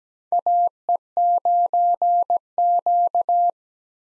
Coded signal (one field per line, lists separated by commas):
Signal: Morse code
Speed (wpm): 17 wpm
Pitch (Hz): 700 Hz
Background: none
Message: AE9Q